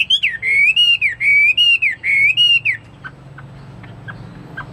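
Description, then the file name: Chinese hwamei song: a run of clear whistled notes, each rising then falling, repeated for about three seconds, then quiet with soft faint notes. "omkicau hwamei"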